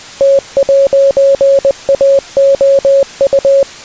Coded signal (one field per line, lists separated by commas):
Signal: Morse code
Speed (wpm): 20 wpm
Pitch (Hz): 550 Hz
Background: music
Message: T'AOU